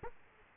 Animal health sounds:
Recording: mosquito wingbeat signal from an infrared sensor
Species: Aedes aegypti

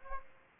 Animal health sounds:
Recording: mosquito wingbeat signal from an infrared sensor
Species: Aedes aegypti

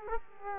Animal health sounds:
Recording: mosquito wingbeat signal from an infrared sensor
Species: Culex quinquefasciatus

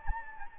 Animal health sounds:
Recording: mosquito wingbeat signal from an infrared sensor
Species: Anopheles gambiae

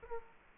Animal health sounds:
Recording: mosquito wingbeat signal from an infrared sensor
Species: Culex quinquefasciatus

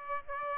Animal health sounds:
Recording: mosquito wingbeat signal from an infrared sensor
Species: Aedes aegypti

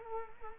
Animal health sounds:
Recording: mosquito wingbeat signal from an infrared sensor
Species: Culex quinquefasciatus

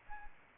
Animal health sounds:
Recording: mosquito wingbeat signal from an infrared sensor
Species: Anopheles arabiensis

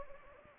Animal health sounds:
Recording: mosquito wingbeat signal from an infrared sensor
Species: Anopheles gambiae

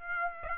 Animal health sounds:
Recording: mosquito wingbeat signal from an infrared sensor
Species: Aedes aegypti

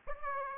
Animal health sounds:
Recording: mosquito wingbeat signal from an infrared sensor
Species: Aedes aegypti

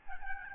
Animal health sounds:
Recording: mosquito wingbeat signal from an infrared sensor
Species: Aedes albopictus

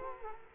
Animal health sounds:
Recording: mosquito wingbeat signal from an infrared sensor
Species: Culex quinquefasciatus

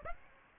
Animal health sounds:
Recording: mosquito wingbeat signal from an infrared sensor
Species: Aedes aegypti

